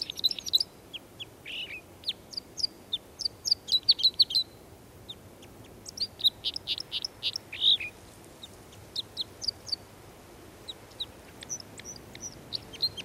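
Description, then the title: Red crossbill calls: dense, clipped high chips tumbling irregularly over faint background hiss, pausing briefly and then resuming in scattered bursts. "Viikon luontoääni: Pikkukäpylintu"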